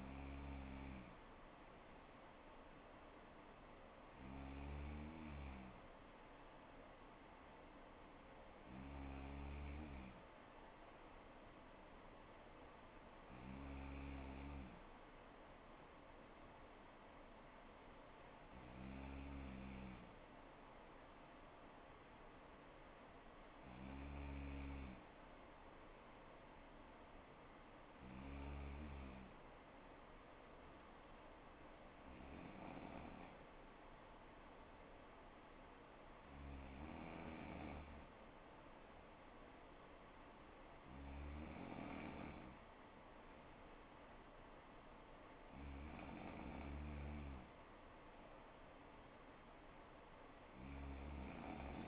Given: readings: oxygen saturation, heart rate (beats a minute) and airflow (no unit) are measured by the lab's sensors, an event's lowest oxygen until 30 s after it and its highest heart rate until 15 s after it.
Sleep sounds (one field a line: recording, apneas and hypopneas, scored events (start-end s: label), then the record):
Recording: breathing in sleep by a voice recorder at the bedside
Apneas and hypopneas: none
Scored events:
12.00-42.00 s: new sleep stage, N2 (light sleep)
42.00-51.88 s: new sleep stage, N3 (deep sleep)
From the record:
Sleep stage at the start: N3 (deep sleep)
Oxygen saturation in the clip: 95%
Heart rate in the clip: 60 to 64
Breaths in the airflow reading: 11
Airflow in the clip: -4.1 to 3.0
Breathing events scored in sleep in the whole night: 79 in 6.3 hours asleep